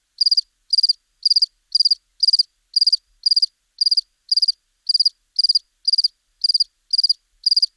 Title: Sylvain Jaskowiak - Animus. Grillon domestique - Buoux, Vaucluse - mai 2001